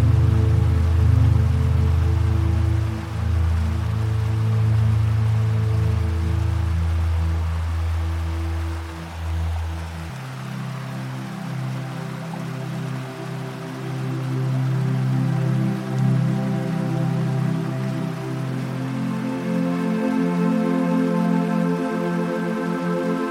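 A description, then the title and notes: Soft, sustained low tones of relaxing music play over a steady wash of falling water, like a waterfall or river. The music shifts chords around ten seconds and again near twenty, adding brighter notes, while the close, dense rushing stays constant throughout. Relaxing Music, River Flowing & Waterfall Sounds. The gentle melodies of relaxing music blend with the captivating symphony of a majestic waterfall and flowing river.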